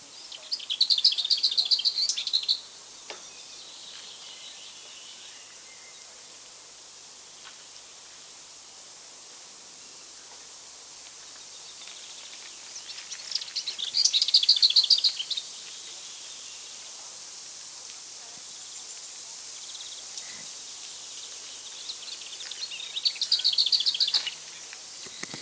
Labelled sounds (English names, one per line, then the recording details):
Lesser Whitethroat song
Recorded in the wild
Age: adult
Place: Bogensee, Barnim, Brandenburg, DE
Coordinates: 52.7714, 13.5294
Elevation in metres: 60
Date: 2003-05-11 13:57
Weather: sunny, 22°C
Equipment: Nagra SN, Kopie Uher 4000 Report Monitor
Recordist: Tembrock, Günter
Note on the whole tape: Gesang. Umgebung Waldschule Bogensee